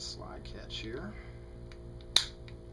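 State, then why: Seated. A steel slide catch is reinserted into the frame of a CZ 75 SP-01 pistol with the slide lined up. Someone talks over a low hum, then a single sharp snap at 2.2 s seats the catch into place, with a few faint ticks around it.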